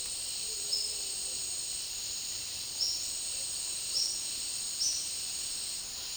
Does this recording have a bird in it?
yes